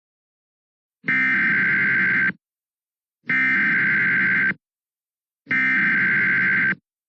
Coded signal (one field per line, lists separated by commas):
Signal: Emergency Alert System (SAME) tones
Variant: header bursts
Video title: EAS Tornado Warning in Fort Worth, TX